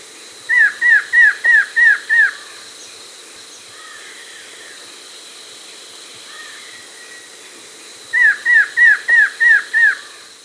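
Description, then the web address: Variable antshrike song: a quick series of six arched notes, given twice with a long pause between, over a steady hiss. Andes, South America. "Natures Songs S America Andean Birds. Variable Antshrike (Thamnophilus Caerulescens)"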